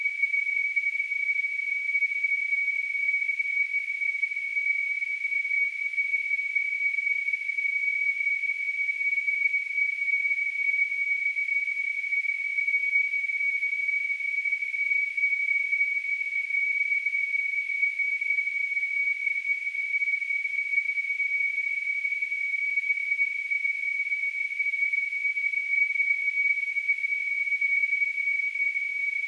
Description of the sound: Tinnitus.